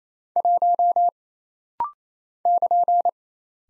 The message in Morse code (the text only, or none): 1 <KN>